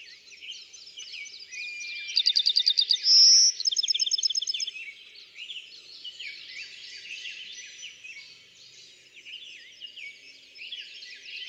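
Bachman's sparrow song: a quick pulsed trill broken by a bright whistled note and another trill, with many other birds chirping throughout.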